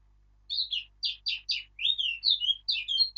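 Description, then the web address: Eurasian blackcap singing a brisk phrase of varied scratchy warbling notes, ending with a clearer whistled note; background quiet. "birdsong Sylvia atricapilla"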